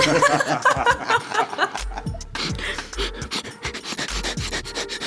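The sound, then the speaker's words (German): Loud, rapid sniffing by a person in quick bursts of breathy noise, like an animal snuffling around, with several sharp intakes and a few low thumps mixed in. “Schnüffel nicht so. Bist du ein Hund?”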